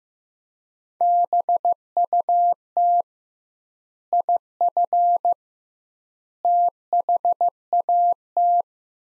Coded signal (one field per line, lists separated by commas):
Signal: Morse code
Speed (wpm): 16 wpm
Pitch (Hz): 700 Hz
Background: none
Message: BUT IF THAT